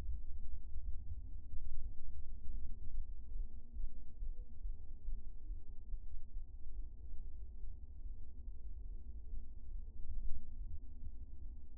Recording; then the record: fetal heart sounds by stethoscope on the mother's abdomen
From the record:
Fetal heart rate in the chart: 132 bpm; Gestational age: 34 weeks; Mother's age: 22 years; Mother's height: 150 cm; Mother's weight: 62 kg